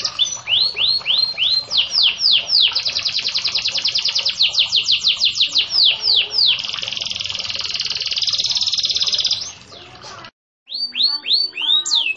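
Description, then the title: Canary song: rapid repeated downslurred notes flowing into a long rolling trill, a brief pause near ten seconds, then more quick sweeping notes. Local canary singing its cengkok song variations; a lively singer. "Cengkok Kenari Mewah"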